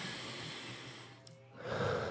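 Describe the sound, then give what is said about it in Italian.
A deep, breathy rush of air into a microphone, a long airy exhale that dips briefly and then swells into a louder, harsher breath near the end, with no talking. “Eh sì, lo sentite il respiro profondo, lo sentite?”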